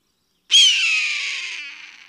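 Hawk scream: a single raspy, drawn-out cry that starts sharply, then fades slowly over about a second and a half.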